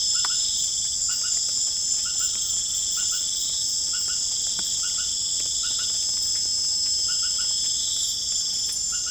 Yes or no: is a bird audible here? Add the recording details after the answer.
no. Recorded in pastures near Puerto Asís, Putumayo, Colombia, on 19 March 2025 at 22:00. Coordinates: 0.505, -76.324. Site GP08